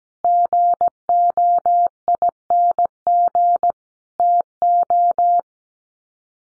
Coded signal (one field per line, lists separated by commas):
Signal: Morse code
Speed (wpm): 17 wpm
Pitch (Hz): 700 Hz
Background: none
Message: GOING TO